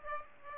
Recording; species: mosquito wingbeat signal from an infrared sensor; Aedes aegypti